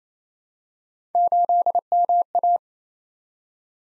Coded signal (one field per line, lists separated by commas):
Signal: Morse code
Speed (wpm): 29 wpm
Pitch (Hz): 700 Hz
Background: none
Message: 8MA